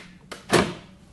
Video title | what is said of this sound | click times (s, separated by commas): comment installer des coulisses freinées ou push to open | je le pousse et on va entendre le clic voilà | 0.3 s